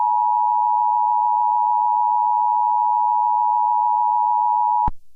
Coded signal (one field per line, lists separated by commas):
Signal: Emergency Alert System (SAME) tones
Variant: 853 and 960 Hz attention tone